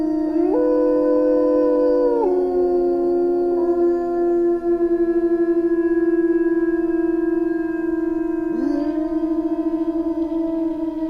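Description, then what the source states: Gray wolf: gray wolves howling together in long, overlapping tones, one voice stepping up then dropping near two seconds, another entering with a sharp upward swoop near nine seconds. Wolves in winter.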